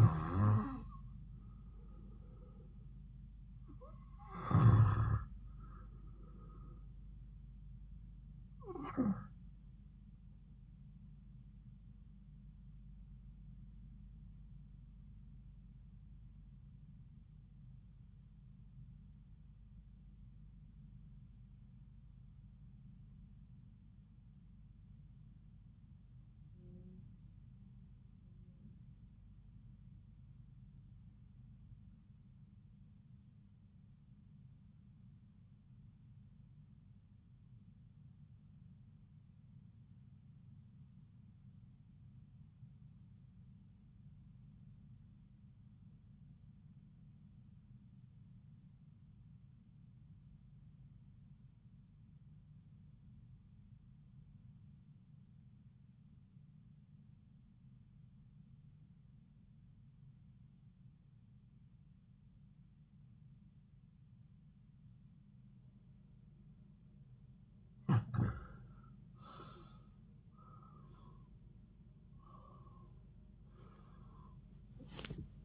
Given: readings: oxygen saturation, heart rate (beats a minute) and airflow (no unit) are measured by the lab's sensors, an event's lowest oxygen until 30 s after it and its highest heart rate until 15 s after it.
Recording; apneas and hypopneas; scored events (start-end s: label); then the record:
breathing in sleep by a smartphone at the bedside; 1
17.00-67.60 s: obstructive apnea (REM, oxygen 96% highest, then 77% lowest)
From the record:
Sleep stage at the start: REM sleep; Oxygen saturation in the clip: 81 to 96%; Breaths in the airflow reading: 6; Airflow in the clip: -9.5 to 9.0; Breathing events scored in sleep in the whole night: 270 in 6.1 hours asleep